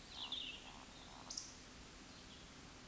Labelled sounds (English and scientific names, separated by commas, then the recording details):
Eurasian Woodcock (Scolopax rusticola) whistle, Eurasian Woodcock (Scolopax rusticola) croak
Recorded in Baden-Württemberg, Germany, on 16 June 2021 at 20:00 UTC
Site 18672, 474 m above sea level